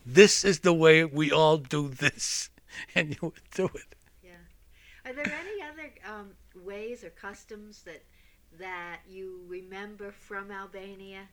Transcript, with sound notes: This is the way we all do this. And you would do it. (he laughs)
Yeah. Are there any other ways or customs that, that you remember from Albania,